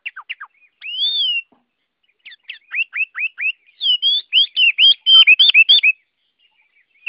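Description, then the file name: Chinese hwamei song: sharp falling notes, a long clear whistle, then a lively sequence of looping whistled phrases and quick twittering. Song in the 'forest voice' (giọng rừng) style. "Tieng hoa mi hot giong rung"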